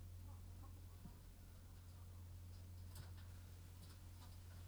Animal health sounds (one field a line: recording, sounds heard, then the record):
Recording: poultry house recording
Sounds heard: sick chickens (respiratory disease)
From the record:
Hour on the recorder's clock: 21